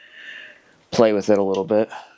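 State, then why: Not seated. A transmission gear is handled on its gear shaft in a motorcycle engine case, wiggled and spun because it doesn't always drop into place easily. Faint low noise fills the first second, then someone talks through to the end. The gear has not seated yet.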